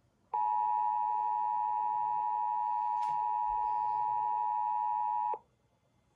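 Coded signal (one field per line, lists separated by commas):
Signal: Emergency Alert System (SAME) tones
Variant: 853 and 960 Hz attention tone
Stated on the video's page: 911 telephone outage emergency alert for Forest, Pennsylvania.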